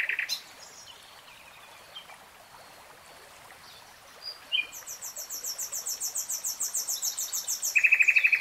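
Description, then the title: Nightingale song: a few scattered notes, then a fast run of high repeated notes ending in a dry, rattling trill, over a soft hiss. Nightingale singing, recorded in real time. "[Tiếng chim hót] Nightingale Singing"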